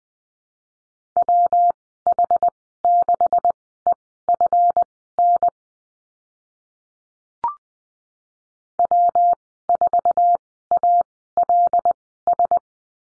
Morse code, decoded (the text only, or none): WH6EFN W4ALS